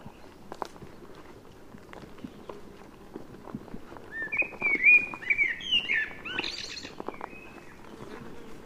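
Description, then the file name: Common blackbird delivering one warbled, fluting phrase that ends in a squeaky high twitter, over a background of scattered clicks and rustles. "Turdus merula"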